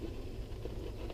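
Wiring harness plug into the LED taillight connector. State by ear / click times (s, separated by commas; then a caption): not seated / none. A wiring harness plug is handled at the plastic wiring connector of an LED taillight, with the taillight wires being hooked in before the two halves are pushed together to lock. Only quiet, steady low-frequency handling rumble and faint rustling are heard, with a slight tap right at the end. Nothing has seated or clicked yet.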